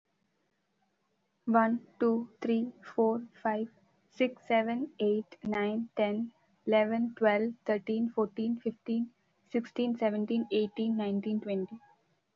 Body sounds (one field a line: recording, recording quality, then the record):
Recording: counting at a normal pace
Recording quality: excellent, no background noise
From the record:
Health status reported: healthy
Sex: female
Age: 23 years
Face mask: not worn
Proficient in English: yes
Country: India